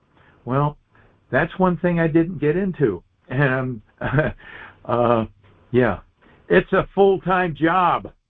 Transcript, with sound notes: Well, that's one thing I didn't get into. And (laughs) , uh, yeah, it's a full-time job.